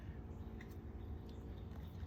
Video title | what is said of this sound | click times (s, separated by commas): New Motor TRX6X6 Crawler Truck Pt2 Installation#foryou#rc#truck#fun#help#howto#tooltime#subscribe | click there it is you hear that yep you hear that click that means it's connected okay | 0.6 s